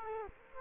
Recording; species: mosquito wingbeat signal from an infrared sensor; Culex quinquefasciatus